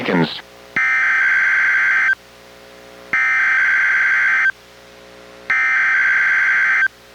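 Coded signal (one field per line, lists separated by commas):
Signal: Emergency Alert System (SAME) tones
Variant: header bursts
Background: speech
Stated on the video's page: Required weekly test relayed by NOAA weather radio station, recorded from a Reecom R-1630 weather radio through a Zoom H1 recorder.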